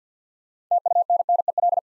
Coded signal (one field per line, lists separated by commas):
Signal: Morse code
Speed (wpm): 49 wpm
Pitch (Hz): 700 Hz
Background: none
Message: TUNNEL